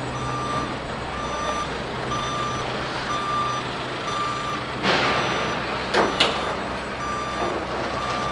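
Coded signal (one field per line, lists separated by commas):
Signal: alarm pattern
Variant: vehicle reversing beeper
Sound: steady repeating mid-pitched beeps about once per second over idling engine rumble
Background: engine idle, air hiss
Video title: Forklift Reverse Beeping SOUND Effect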